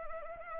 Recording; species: mosquito wingbeat signal from an infrared sensor; Anopheles arabiensis